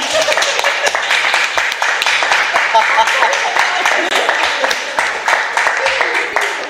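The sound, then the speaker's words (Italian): A group of people at the RG dinner applauds steadily for several seconds, a dense, loud patter of many overlapping claps with some crowd voices mixed in underneath. “Un applauso, no?”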